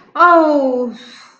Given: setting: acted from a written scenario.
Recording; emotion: vocal sound without words; pain